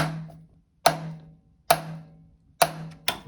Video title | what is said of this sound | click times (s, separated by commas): LC2600 Installation How To | 3 or 4 times, and that locks that bolt in position there so that it won't back out. | 0.9 s, 1.7 s, 2.6 s, 3.1 s